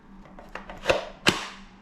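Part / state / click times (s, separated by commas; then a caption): battery pack into cordless leaf blower handle / seated / 1.3 s. A 21V lithium battery pack is clipped into the handle of a HanQi cordless leaf blower. A few light plastic taps and a sharper knock around 0.9 s come before a crisp snap at 1.3 s. The battery locks in place.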